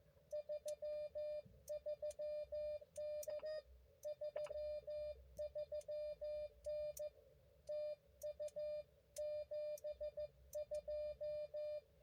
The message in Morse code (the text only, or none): 33N 33N TU 72